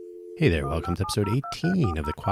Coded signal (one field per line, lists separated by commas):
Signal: DTMF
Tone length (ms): 110 ms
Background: speech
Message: 15702340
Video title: Episode 0018: From 1200 baud to Crazy Fast